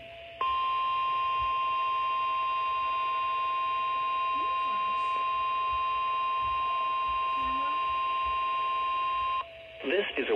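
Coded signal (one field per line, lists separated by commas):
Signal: Emergency Alert System (SAME) tones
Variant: 1050 Hz attention tone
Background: speech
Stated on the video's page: Required Weekly Test from NOAA Weather Radio transmitter.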